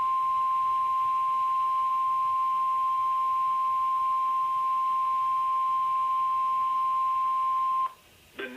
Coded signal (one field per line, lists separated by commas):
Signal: Emergency Alert System (SAME) tones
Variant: 1050 Hz attention tone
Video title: Jon's Sunday in a Nutshell | Many EAS Alerts from LWX